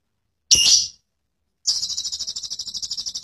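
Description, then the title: Lovebird calling: one sharp squeaky note, a pause, then a fast, steady, high-pitched chattering trill running to the end. Long ngekek chattering call of a 'latah' lovebird, a bird that calls readily; Cililin. "Love Bird Latah Ngekek Cililin Panjang Mantab"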